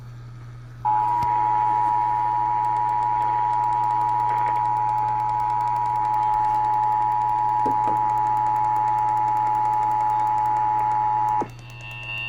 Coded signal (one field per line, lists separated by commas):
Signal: Emergency Alert System (SAME) tones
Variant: 853 and 960 Hz attention tone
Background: music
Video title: Eas Hgx svr on KUHF 88.7fm Kacc 89.7fm And Kube 57.1 Eas#1588-1590